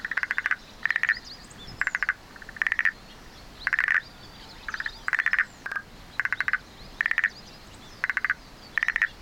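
Frog calls: short buzzy pulsed bursts, sometimes in quick pairs, repeated roughly every half second to second, with faint high chirps in the background.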